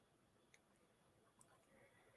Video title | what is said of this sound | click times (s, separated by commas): Off-Camera Flash Essentials: Using a Godox S2 Speedlight Bracket | you can easily remove it just as easily remove it by pulling back onto the release latch | 0.5 s, 1.4 s